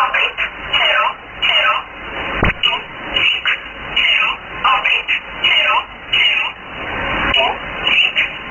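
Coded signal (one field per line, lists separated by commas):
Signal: numbers station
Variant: E11 Oblique, English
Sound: a voice reading short, evenly spaced words over shortwave static, about one per second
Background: radio static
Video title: 30 07 2018 E11 Oblique Numbers station in English to Eu 0745 on 9610 unknown tx site in USB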